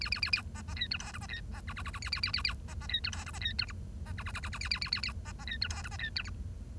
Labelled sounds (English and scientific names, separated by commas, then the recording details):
Bengalese Finch (Lonchura striata domestica) song
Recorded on 1 October 2012 at 10:34
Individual or60yw70